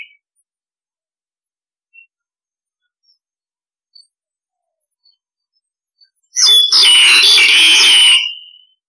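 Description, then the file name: Starling harsh call: several seconds of near silence with faint ticks, then one long, loud, grating screech. Calls used to lure starlings; described as starlings calling the flock. "Tieng sao da goi bay"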